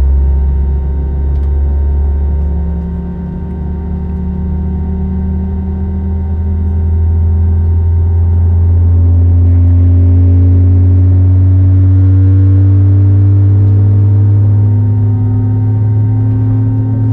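A jet takeoff at SJC: a heavy, steady engine roar with a deep low drone and several humming tones layered above it. After a slight dip around three seconds, the sound swells, the tones slide upward as the engines spool, and a thin hiss rises over the top.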